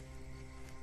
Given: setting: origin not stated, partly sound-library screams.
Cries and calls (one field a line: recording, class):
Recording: one-second piece from a danger detection set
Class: normal situation